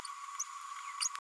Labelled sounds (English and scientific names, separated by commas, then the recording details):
Green-rumped Parrotlet (Forpus passerinus) babbling
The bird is a female
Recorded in a nest box in Venezuela
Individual 17B102A5